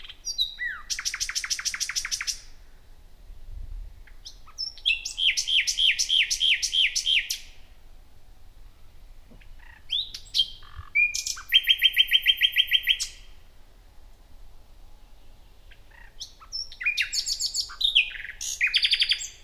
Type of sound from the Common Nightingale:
song